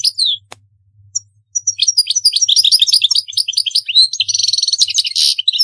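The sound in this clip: European goldfinch song, a few high sliding notes and a click, then a lively burst of chattering twitters ending in a harsh buzzy trill.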